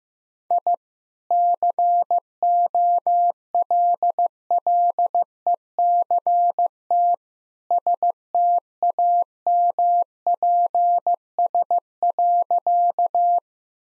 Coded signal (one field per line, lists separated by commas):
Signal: Morse code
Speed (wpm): 15 wpm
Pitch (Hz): 700 Hz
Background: none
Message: I COLLECT STAMPS.